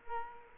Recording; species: mosquito wingbeat signal from an infrared sensor; Culex quinquefasciatus